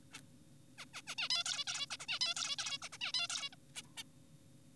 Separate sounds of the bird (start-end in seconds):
0.12-0.21, 0.78-0.85, 0.94-1.02, 1.07-1.15, 1.18-1.29, 1.30-1.44, 1.46-1.64, 1.67-1.86, 1.90-1.97, 2.00-2.06, 2.08-2.19, 2.21-2.34, 2.36-2.56, 2.58-2.78, 2.82-2.89, 2.93-2.98, 3.01-3.12, 3.14-3.27, 3.30-3.49, 3.53-3.56, 3.75-3.82, 3.97-4.03